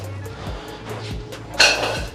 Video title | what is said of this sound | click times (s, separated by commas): Unboxing HalloweenCostumes 2025 Demogorgon Animatronic | There you go. There you go. I heard a click. That's a good sign. | 1.6 s